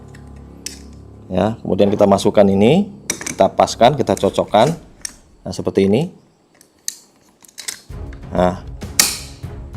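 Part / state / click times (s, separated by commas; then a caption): internal component in the submachine gun during reassembly / seated / 9.0 s. During reassembly of an M635 submachine gun, an internal component is fitted back into place while someone talks. Quieter handling taps follow the speech. A loud, sharp click at 9.0 s confirms the component has locked into place.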